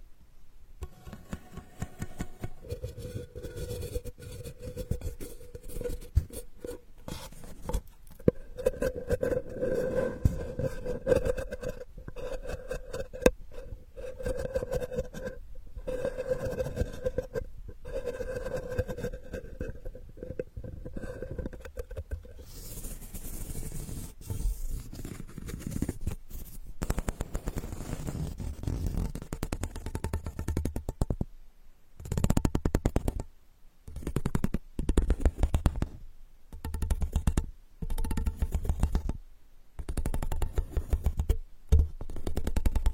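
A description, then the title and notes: Scratchy, rustling ear digging fills the clip with dense, close scraping and brushing textures, plus a steady faint hum through the first twenty seconds. After about twenty-three seconds the sound grows rougher and muffled, breaking into irregular bursts separated by short silences near the end. Unique straw therapy ear digging experience.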